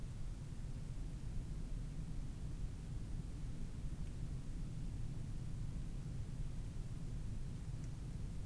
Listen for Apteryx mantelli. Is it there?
no